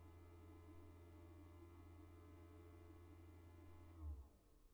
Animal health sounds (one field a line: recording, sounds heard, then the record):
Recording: poultry house recording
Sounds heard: no chicken sound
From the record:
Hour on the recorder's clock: 14